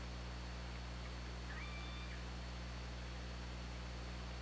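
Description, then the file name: Orca call: one steady, drawn-out tonal note with stacked harmonics lasts about half a second over heavy hiss and low droning hum. Underwater hydrophone at OrcaLab, 24 August 2017 at 22:21:30. "Orca Lab 20170824 222130"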